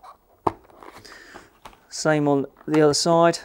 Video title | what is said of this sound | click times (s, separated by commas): How to change a visor: Shark Skwal i3, D-Skwal 3 & Ridill 2 | and push till we hear the click | 0.5 s